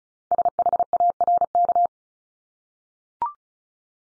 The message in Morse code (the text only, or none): SHARK